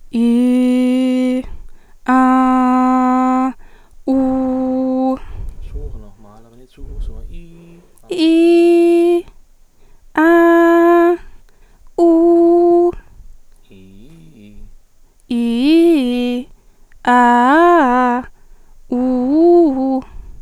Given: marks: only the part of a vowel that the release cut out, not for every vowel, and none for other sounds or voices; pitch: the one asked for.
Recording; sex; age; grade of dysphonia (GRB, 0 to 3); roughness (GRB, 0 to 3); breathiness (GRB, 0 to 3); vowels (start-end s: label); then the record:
sustained vowels; female; 20 to 29 years; 0; 0; 0
0.20-1.28 s: vowel /i/, low pitch
2.30-3.41 s: vowel /a/, low pitch
4.34-5.01 s: vowel /u/, low pitch
15.38-16.26 s: vowel /i/, low-high-low pitch
17.16-18.09 s: vowel /a/, low-high-low pitch
18.99-19.90 s: vowel /u/, low-high-low pitch
From the record:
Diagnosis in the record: healthy voice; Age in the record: 22 years